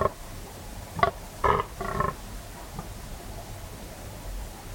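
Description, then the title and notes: Fallow deer groans: a run of short harsh guttural grunts in the first half, then a faint one and near silence. Fallow buck rutting, staking his claim, warning off rivals and guarding his does; 3am, moonless, cold, still autumn night, West Dorset; guttural bellow echoing through combes and hills. "Sound Escape 38: the eerie and dramatic fallow deer rut on a dark Dorset night. It's 3am on an autumn night in West Dorset. A fallow buck is staking his claim, warning off rivals and guarding his does. A guttural bellow that bursts the quiet and echoes through the combes and hills. BBC Countryfile Magazine's Sound Escapes. Recorded by Kevin Parr"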